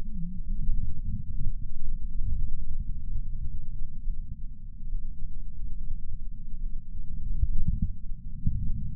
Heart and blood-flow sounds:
heart sounds by patch sensor on the chest; 70 bpm
0.63 s: heartbeat
1.49 s: heartbeat
2.34 s: heartbeat
3.18 s: heartbeat
4.03 s: heartbeat
4.87 s: heartbeat
5.73 s: heartbeat
6.58 s: heartbeat
7.46 s: heartbeat
8.31 s: heartbeat
From the record:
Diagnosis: coronary artery disease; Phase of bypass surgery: preoperative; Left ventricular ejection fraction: 52.3%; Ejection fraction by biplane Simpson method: 38%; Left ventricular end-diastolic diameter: 62 mm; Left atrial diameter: 45 mm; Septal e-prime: 4 cm/s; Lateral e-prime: 7 cm/s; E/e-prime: 12.2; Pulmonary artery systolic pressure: 24 mmHg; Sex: male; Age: 61 years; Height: 174 cm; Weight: 80 kg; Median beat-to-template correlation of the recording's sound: 0.91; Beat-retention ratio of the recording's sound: 0.97

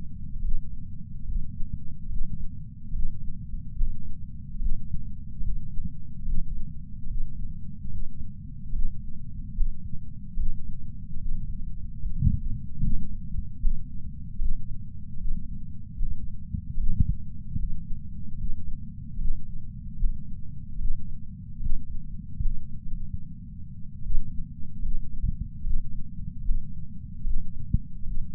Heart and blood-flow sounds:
heart sounds by patch sensor on the chest; 74 bpm
0.43 s: heartbeat
1.27 s: heartbeat
2.09 s: heartbeat
2.94 s: heartbeat
3.76 s: heartbeat
4.60 s: heartbeat
5.44 s: heartbeat
6.26 s: heartbeat
7.09 s: heartbeat
7.91 s: heartbeat
8.74 s: heartbeat
9.56 s: heartbeat
10.37 s: heartbeat
11.20 s: heartbeat
12.00 s: heartbeat
12.82 s: heartbeat
13.61 s: heartbeat
14.39 s: heartbeat
15.19 s: heartbeat
15.98 s: heartbeat
16.78 s: heartbeat
17.58 s: heartbeat
18.38 s: heartbeat
19.19 s: heartbeat
19.99 s: heartbeat
20.79 s: heartbeat
21.61 s: heartbeat
22.41 s: heartbeat
22.85 s: heartbeat
24.05 s: heartbeat
24.83 s: heartbeat
25.65 s: heartbeat
26.44 s: heartbeat
27.25 s: heartbeat
28.06 s: heartbeat
From the record:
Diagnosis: coronary artery disease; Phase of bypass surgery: preoperative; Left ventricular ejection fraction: 63%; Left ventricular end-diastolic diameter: 47 mm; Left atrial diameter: 37 mm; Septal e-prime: 4.5 cm/s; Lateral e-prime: 7.1 cm/s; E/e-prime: 8.6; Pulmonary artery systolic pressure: 20 mmHg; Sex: male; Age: 77 years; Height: 160 cm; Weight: 79.5 kg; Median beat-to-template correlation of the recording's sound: 0.81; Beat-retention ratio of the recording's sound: 0.99

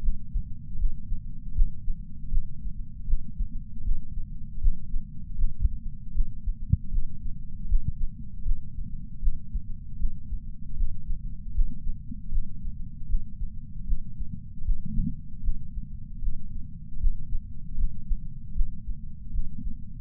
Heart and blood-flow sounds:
heart sounds by patch sensor on the chest; 78 bpm
0.02 s: heartbeat
0.78 s: heartbeat
1.54 s: heartbeat
2.30 s: heartbeat
3.07 s: heartbeat
3.83 s: heartbeat
4.60 s: heartbeat
5.37 s: heartbeat
6.14 s: heartbeat
6.91 s: heartbeat
7.67 s: heartbeat
8.44 s: heartbeat
9.21 s: heartbeat
9.98 s: heartbeat
10.76 s: heartbeat
11.53 s: heartbeat
12.31 s: heartbeat
13.08 s: heartbeat
13.86 s: heartbeat
14.64 s: heartbeat
15.42 s: heartbeat
16.21 s: heartbeat
16.99 s: heartbeat
17.76 s: heartbeat
18.54 s: heartbeat
19.32 s: heartbeat
From the record:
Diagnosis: coronary artery disease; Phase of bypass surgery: postoperative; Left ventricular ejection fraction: 62.4%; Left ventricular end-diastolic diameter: 42 mm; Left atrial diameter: 36 mm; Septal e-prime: 5.8 cm/s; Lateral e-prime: 9.2 cm/s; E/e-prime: 7.3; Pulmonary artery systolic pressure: 36 mmHg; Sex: male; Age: 59 years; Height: 162 cm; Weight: 60 kg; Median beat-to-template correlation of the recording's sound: 0.83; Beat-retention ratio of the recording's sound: 0.99

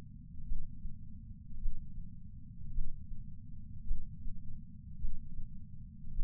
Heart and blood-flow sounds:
heart sounds by patch sensor on the chest; 53 bpm
0.44 s: heartbeat
1.58 s: heartbeat
2.71 s: heartbeat
3.84 s: heartbeat
4.97 s: heartbeat
6.11 s: heartbeat
From the record:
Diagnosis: coronary artery disease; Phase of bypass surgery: intraoperative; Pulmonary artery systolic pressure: 22 mmHg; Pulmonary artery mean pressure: 14 mmHg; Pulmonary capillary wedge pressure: 10 mmHg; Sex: male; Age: 75 years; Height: 167 cm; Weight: 58 kg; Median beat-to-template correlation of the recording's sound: 0.95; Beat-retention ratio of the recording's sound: 0.99

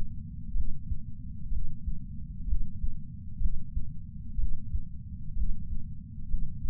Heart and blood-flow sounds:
heart sounds by patch sensor on the chest; 63 bpm
0.53 s: heartbeat
1.49 s: heartbeat
2.46 s: heartbeat
3.39 s: heartbeat
4.36 s: heartbeat
5.34 s: heartbeat
6.27 s: heartbeat
From the record:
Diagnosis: coronary artery disease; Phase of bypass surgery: preoperative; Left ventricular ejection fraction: 47%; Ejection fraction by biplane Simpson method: 47.3%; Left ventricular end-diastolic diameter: 51 mm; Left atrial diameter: 32 mm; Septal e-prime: 4.7 cm/s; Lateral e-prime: 7 cm/s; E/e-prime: 9.1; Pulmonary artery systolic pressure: 21 mmHg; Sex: male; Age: 60 years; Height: 174 cm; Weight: 72 kg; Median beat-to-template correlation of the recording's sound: 0.91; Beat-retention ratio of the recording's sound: 0.98

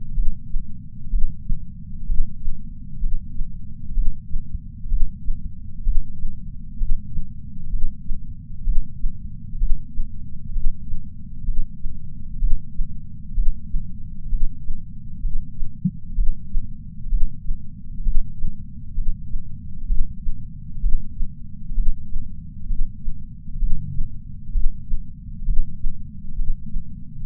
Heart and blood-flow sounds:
heart sounds by patch sensor on the chest; 64 bpm
0.13 s: heartbeat
1.09 s: heartbeat
2.05 s: heartbeat
2.99 s: heartbeat
3.93 s: heartbeat
4.87 s: heartbeat
5.82 s: heartbeat
6.76 s: heartbeat
7.69 s: heartbeat
8.63 s: heartbeat
9.57 s: heartbeat
10.51 s: heartbeat
11.44 s: heartbeat
12.38 s: heartbeat
13.33 s: heartbeat
14.28 s: heartbeat
15.20 s: heartbeat
16.14 s: heartbeat
17.08 s: heartbeat
18.02 s: heartbeat
18.93 s: heartbeat
19.86 s: heartbeat
20.79 s: heartbeat
21.73 s: heartbeat
22.66 s: heartbeat
23.58 s: heartbeat
24.51 s: heartbeat
25.44 s: heartbeat
26.34 s: heartbeat
27.25 s: heartbeat
From the record:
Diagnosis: coronary artery disease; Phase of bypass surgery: preoperative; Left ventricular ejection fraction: 64.4%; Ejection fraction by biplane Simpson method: 54.2%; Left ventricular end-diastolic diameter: 51 mm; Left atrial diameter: 34 mm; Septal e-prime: 9.9 cm/s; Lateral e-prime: 12.4 cm/s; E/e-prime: 7.7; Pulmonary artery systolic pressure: 20 mmHg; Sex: male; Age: 66 years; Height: 176 cm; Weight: 74.5 kg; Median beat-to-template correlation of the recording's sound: 0.93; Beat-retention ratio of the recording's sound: 0.99

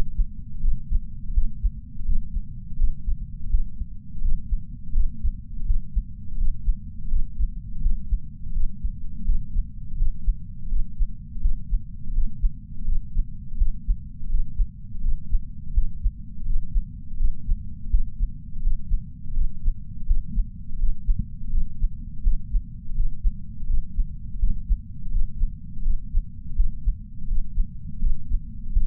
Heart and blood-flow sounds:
heart sounds by patch sensor on the chest; 83 bpm
0.61 s: heartbeat
1.34 s: heartbeat
2.06 s: heartbeat
2.77 s: heartbeat
3.50 s: heartbeat
4.22 s: heartbeat
4.93 s: heartbeat
5.66 s: heartbeat
6.38 s: heartbeat
7.09 s: heartbeat
7.82 s: heartbeat
8.53 s: heartbeat
9.25 s: heartbeat
9.97 s: heartbeat
10.69 s: heartbeat
11.41 s: heartbeat
12.14 s: heartbeat
12.85 s: heartbeat
13.58 s: heartbeat
14.30 s: heartbeat
15.02 s: heartbeat
15.74 s: heartbeat
16.46 s: heartbeat
17.18 s: heartbeat
17.90 s: heartbeat
18.62 s: heartbeat
19.34 s: heartbeat
20.07 s: heartbeat
20.79 s: heartbeat
21.51 s: heartbeat
22.23 s: heartbeat
22.95 s: heartbeat
23.67 s: heartbeat
24.39 s: heartbeat
25.11 s: heartbeat
25.83 s: heartbeat
26.56 s: heartbeat
27.28 s: heartbeat
28.00 s: heartbeat
28.73 s: heartbeat
From the record:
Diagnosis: coronary artery disease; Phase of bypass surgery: postoperative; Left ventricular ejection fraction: 56.8%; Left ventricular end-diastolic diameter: 44 mm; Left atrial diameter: 32 mm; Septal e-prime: 5.7 cm/s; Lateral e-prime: 6.1 cm/s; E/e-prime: 10.2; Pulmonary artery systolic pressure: 32 mmHg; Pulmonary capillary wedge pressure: 12 mmHg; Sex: male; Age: 65 years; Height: 165 cm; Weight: 60 kg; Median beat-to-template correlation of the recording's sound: 0.87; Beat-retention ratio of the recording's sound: 1.00

